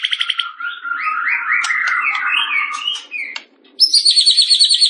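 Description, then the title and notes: White-rumped shama song: a rising series of sweet whistled notes climbing in steps, a brief gap, then a high, rapid trill. Described as singing actively (gacor); said to be used by champion birds. "Masteran Murai Yang Di Pakai Semua Burung Juara - Masteran murai Khusus Burung Juara. Murai Batu Gacor"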